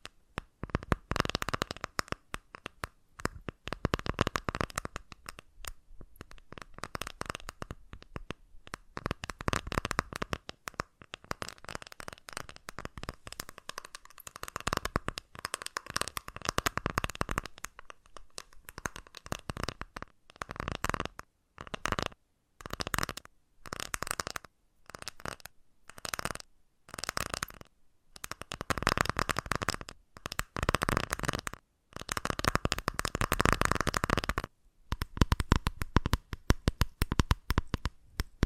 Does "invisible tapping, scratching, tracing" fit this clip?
yes